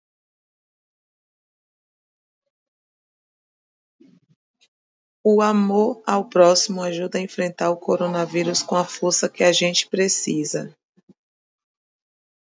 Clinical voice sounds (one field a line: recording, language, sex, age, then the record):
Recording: spoken sentence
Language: Brazilian Portuguese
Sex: female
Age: 30 to 39 years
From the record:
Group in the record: control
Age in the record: 31 years